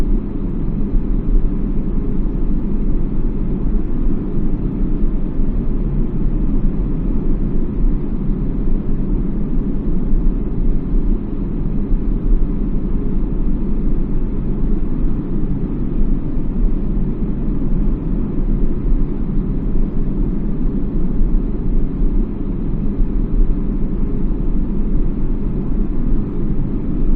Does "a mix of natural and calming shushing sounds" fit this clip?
no